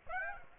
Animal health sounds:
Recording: mosquito wingbeat signal from an infrared sensor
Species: Aedes aegypti

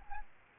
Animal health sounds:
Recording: mosquito wingbeat signal from an infrared sensor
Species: Aedes albopictus

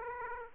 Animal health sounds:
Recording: mosquito wingbeat signal from an infrared sensor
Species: Aedes aegypti

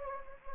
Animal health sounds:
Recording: mosquito wingbeat signal from an infrared sensor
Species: Anopheles gambiae

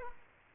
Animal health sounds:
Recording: mosquito wingbeat signal from an infrared sensor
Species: Aedes aegypti

